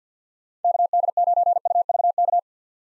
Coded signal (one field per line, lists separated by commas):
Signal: Morse code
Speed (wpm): 50 wpm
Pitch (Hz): 700 Hz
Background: none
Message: KD9UVK